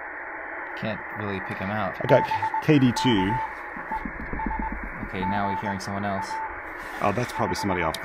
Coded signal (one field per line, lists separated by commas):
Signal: Morse code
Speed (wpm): 21 wpm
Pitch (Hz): 880 Hz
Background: speech, radio noise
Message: BK ES GA 5